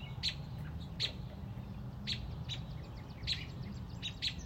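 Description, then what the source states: Robin repeating sharp, high-pitched chips roughly every second, with softer thin notes in between and a low constant hum underneath. Mother robin on a front porch, protecting a newly hatched baby robin.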